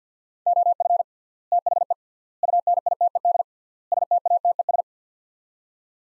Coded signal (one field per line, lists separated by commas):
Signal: Morse code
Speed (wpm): 50 wpm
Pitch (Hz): 700 Hz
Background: none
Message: OF THE UNITED STATES